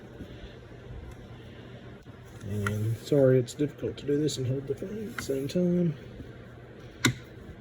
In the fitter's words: there we go it just snaps in place just kind of screw it where you want it and